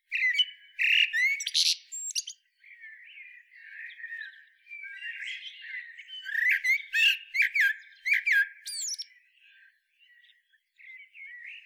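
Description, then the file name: Eurasian blackbird song: varied, high twittering phrases with sharp chirps, coming in bursts with short pauses, loudest near the start and middle. "Turdus merula"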